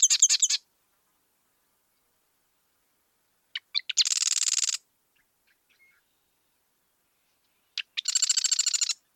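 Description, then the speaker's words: Violet-green swallow calling: three rapid, buzzy, high trills separated by silence, the later two each preceded by a few sharp chips. Played as a mystery sound; one of the first breeding-season migrants to arrive and a sure sign that spring is here; not wetland-dependent. "So what you've heard is the sound of a violet-green swallow."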